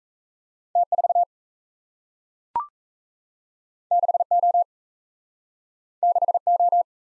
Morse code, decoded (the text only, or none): T4 6O 6O